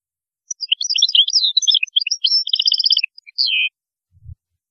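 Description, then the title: European goldfinch song, a rapid, continuous jumble of tinkling twitters and trilled notes for about three seconds, then a faint low thump. "Chant Chardonneret"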